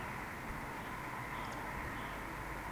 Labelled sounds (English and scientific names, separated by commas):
Eurasian Woodcock (Scolopax rusticola)